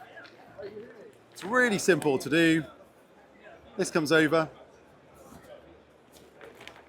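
At a trade show, the closing flap of a bicycle pannier (aero bag) with a carbon-reinforced top is brought over while someone talks. A few soft handling sounds at about 6.4 and 6.6 s come just before the latch is pushed home with a short, sharp click at 6.7 s. The latch locks in place.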